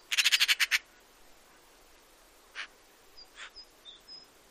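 Eurasian magpie chatter: a fast, harsh rattle of about seven dry notes, followed after a pause by a few scattered, scratchy single notes.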